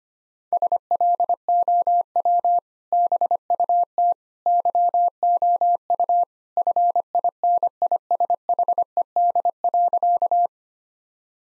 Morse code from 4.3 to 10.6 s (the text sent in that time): YOU FINISHED.